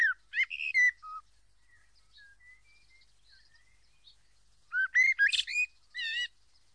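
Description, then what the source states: Common blackbird song in two bursts of melodious, fluty warbling with high squeaky flourishes, separated by several seconds of soft, subdued notes. Singing at dusk.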